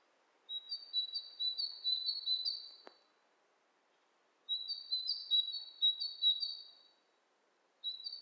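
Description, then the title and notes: Bird calls: thin, high whistled trills in bursts of two to three seconds separated by silence, with one soft click. Two birds interacting with each other; lo-fi recording. "bird dialogs. lo-fi recording of two birds interacting"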